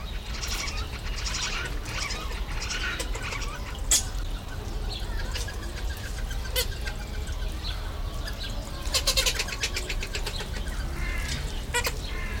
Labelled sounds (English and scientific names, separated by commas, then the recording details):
Blue-billed Teal (Anas hottentota) call
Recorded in captivity
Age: adult
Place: Zoo Berlin, Berlin, DE
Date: 1993-06-05
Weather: 20-25 °C, sonnig
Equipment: Marantz CP 430, Sennheiser ME 80, Kopie Uher Variocord 263
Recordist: Tembrock, Günter